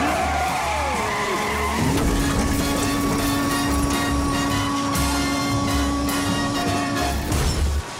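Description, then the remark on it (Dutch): Tires screech with a falling, wavering whine, then a sudden loud burst of crashing noise gives way to a steady, sustained squeal over rough roaring clatter for several seconds, as a row of cars crashes into each other in a chain collision. “Het is wel echt mijn nachtmerrie om bij zo'n kettingbotsing betrokken te raken.”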